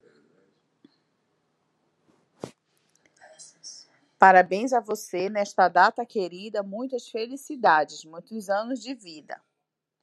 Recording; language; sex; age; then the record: short text; Brazilian Portuguese; female; 40 to 49 years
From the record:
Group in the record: control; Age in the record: 40 years